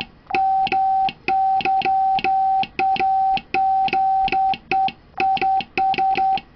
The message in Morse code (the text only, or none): MY AGE IS